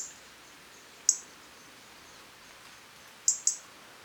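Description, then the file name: European robin uttering a single sharp, high tick, then a quick pair of ticks near the end, in a quiet setting. "Erithacus rubecula"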